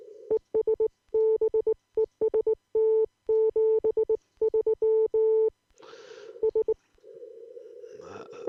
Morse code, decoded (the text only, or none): ES BEST 73 S